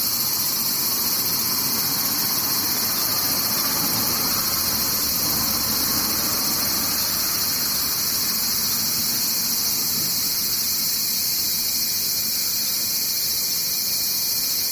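Cicadas (セミ) drone without a break for the whole fifteen seconds, a dense, shrill buzz that stays bright and level. Underneath runs a steady, lower rushing noise with no separate events standing out, and the overall loudness barely changes from start to end.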